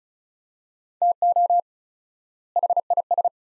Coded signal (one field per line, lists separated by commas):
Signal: Morse code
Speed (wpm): 36 wpm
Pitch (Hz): 700 Hz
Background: none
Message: TO HIS